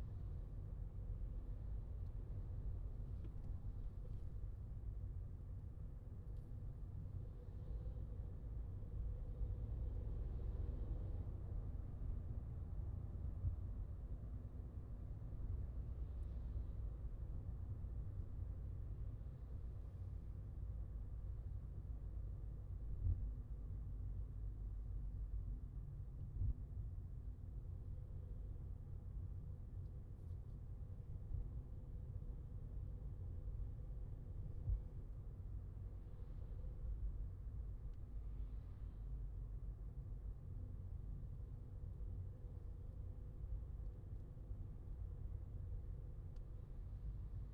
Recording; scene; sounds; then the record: everyday scene through a hearing-aid microphone; in a vehicle; engine, traffic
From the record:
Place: Skoda Fabia, gasoline engine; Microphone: in the ear canal, left